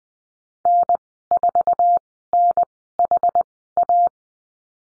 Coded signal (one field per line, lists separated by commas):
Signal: Morse code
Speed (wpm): 19 wpm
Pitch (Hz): 700 Hz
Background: none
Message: N4NHA